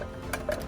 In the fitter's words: then you're going to hear it lock so I can detach it there lock